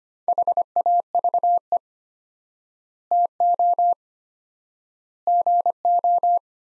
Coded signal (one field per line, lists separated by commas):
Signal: Morse code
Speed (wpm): 25 wpm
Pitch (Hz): 700 Hz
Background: none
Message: HAVE TO GO